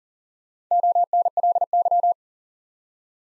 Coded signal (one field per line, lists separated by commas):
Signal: Morse code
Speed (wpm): 38 wpm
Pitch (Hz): 700 Hz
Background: none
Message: ONLY